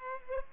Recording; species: mosquito wingbeat signal from an infrared sensor; Culex pipiens